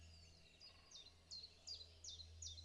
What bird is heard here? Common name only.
Common Chiffchaff